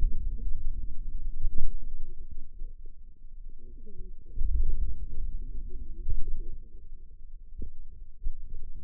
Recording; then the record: forearm muscle sounds (acoustic myography)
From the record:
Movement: wrist extension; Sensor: system 2, bracelet of six BSWA MPA416 microphones around the upper forearm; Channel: 6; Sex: female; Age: 21 years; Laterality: right